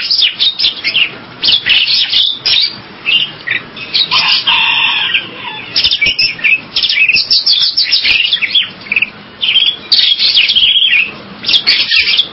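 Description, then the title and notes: Bird song as a dense, busy stream of high chirps and twittering bursts with only brief pauses between phrases. "Bird Sound. Kicau Burung Lengkap"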